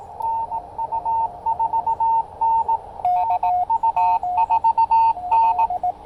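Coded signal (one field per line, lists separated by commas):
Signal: Morse code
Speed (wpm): 18 wpm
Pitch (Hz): 910 Hz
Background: radio noise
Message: NU4N NU4N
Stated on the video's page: QRP CW activation on a Yaesu FT-817ND with an Elecraft T1 tuner and a 28.5-foot speaker-wire antenna.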